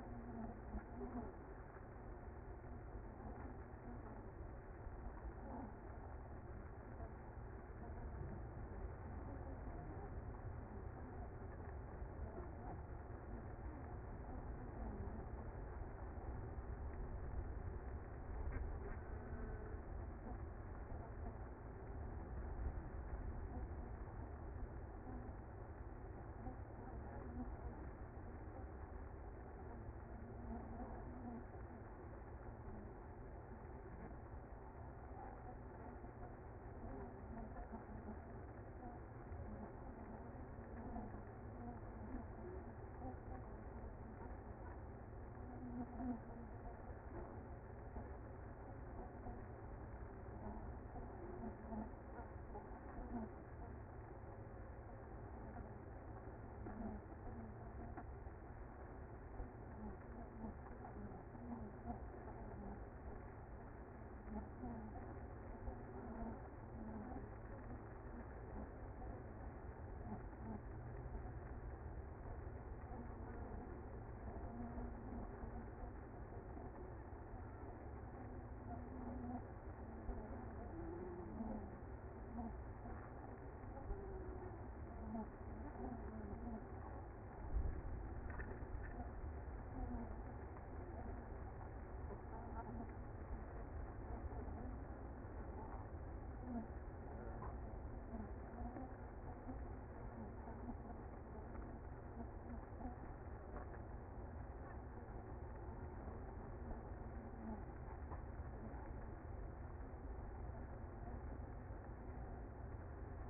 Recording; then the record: honeybee colony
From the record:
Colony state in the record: active